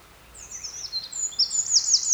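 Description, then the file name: Eurasian wren's high, thin notes rising from quiet into a quick run of sharp trilled phrases, with soft background hiss. "Troglodytes troglodytes"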